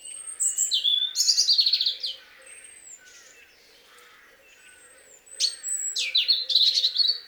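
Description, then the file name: European robin singing two rich, high-pitched, tumbling phrases, with faint, thin whistles in the gap between them. "Erithacus rubecula"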